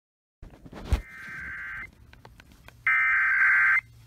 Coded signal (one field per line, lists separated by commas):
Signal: Emergency Alert System (SAME) tones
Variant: header bursts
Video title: Shasta Tested Early... (EAS #2201-2203)